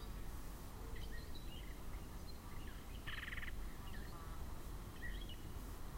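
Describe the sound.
Yellow-breasted chat uttering one harsh, raspy chatter burst around three seconds, with soft scattered chirps and low background rumble.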